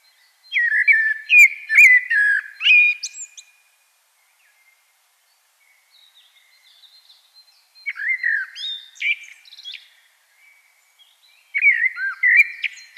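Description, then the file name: Common blackbird song in three separate phrases, each a rich, low whistled warble with some squeaky high notes, divided by quiet gaps. "Turdus merula"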